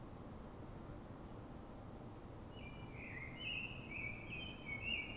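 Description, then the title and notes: Common blackbird singing a series of warbled notes through the second half, over constant low background noise. City blackbird singing before dawn in Fuenlabrada, Madrid, Spain, so other blackbirds can hear it before human noise begins; described as a call (reclamo); recorded with a Zoom H1n recorder. "Pl. de Francisco Escolar, 10, 28944 Fuenlabrada, Madrid, España - Sonido Reclamo de Mirlo. Mirlo cantando, es un sonido de reclamo"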